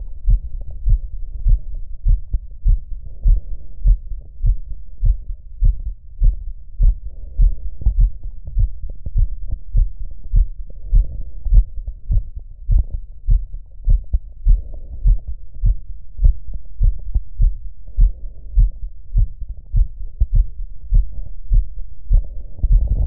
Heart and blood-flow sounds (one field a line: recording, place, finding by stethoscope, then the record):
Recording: heart sounds by stethoscope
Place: mitral valve (MV)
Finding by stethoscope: normal heart sounds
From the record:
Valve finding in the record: normal valve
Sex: male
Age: 75 years